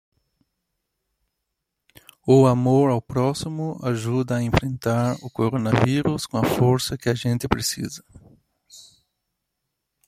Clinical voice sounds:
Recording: spoken sentence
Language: Brazilian Portuguese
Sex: male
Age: 40 to 49 years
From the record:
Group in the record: control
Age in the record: 40 years

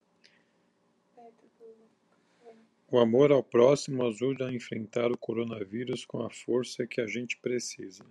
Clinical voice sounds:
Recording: spoken sentence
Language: Brazilian Portuguese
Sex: female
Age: 30 to 39 years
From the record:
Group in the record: control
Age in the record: 37 years

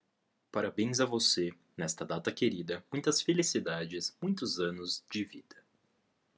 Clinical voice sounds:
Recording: short text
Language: Brazilian Portuguese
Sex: male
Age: 18 to 19 years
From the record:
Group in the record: control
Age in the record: 19 years

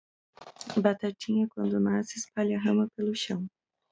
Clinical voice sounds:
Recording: short text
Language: Brazilian Portuguese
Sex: female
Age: 30 to 39 years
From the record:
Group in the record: control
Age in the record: 33 years

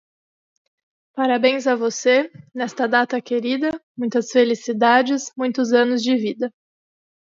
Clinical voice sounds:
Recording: short text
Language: Brazilian Portuguese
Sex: female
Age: 20 to 29 years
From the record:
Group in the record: control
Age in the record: 26 years

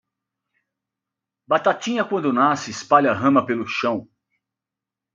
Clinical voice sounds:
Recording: short text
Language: Brazilian Portuguese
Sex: female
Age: 50 to 59 years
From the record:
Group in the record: control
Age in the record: 53 years

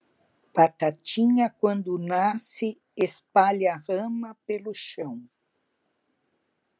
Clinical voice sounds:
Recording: short text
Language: Brazilian Portuguese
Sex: female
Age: 70 to 79 years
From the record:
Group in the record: control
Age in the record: 71 years

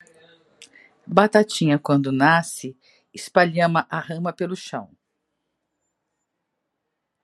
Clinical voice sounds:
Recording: short text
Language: Brazilian Portuguese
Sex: female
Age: 50 to 59 years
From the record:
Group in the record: control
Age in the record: 56 years

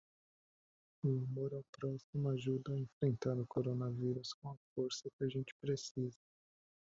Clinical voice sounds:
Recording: spoken sentence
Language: Brazilian Portuguese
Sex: male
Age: 20 to 29 years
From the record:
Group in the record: control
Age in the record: 27 years

